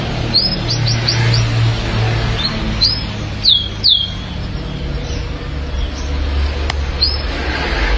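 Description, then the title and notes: Canary chirps: scattered short, high upslurred notes, a few in quick clusters, over a steady low hum. "BM Suara Kenari. BM Suara Burung Kenari"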